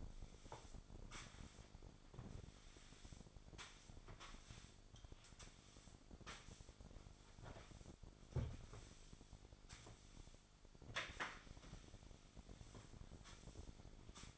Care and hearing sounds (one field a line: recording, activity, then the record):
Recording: daily activity, microphone in the room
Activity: sweep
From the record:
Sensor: 5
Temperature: 26.3 degrees Celsius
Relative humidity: 38.1%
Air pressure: 1007.1 hPa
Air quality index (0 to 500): 179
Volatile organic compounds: 5 ppm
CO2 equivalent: 1708 ppm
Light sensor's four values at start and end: 54/153/59/60 and 54/154/60/60